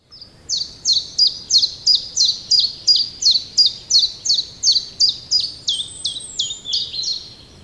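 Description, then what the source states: Common chiffchaff singing a long, even sequence of bright, clipped notes, about three each second, with a faint hiss beneath. Spring recording.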